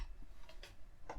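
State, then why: Seated. A slotted bayonet fitting on an equatorial mount is lined up with three slots on the center boss, twisted, and pushed round. Two faint ticks come at about 0.5 and 0.6 seconds, then a sharper click at 1.1 seconds as it locks in place, seated and secure.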